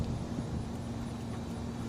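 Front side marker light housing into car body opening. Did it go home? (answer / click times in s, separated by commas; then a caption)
no / none. A front side marker light housing for a 1997–2001 Toyota Camry is lined up in its opening in the car body before being pushed home. Only a steady low hum is heard, with no sharp sounds. Nothing has seated or clicked yet.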